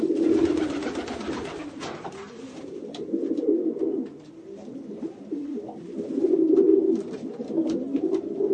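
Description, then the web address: Pigeon cooing in low throaty coos, with sharp clicks and rustles scattered through, louder near the start and again toward the end. "sound bird-pigeon"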